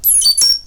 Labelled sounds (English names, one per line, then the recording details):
Stitchbird song
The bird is a male
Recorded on Tiritiri Matangi Island, New Zealand, in 2005
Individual 7, of nest box 9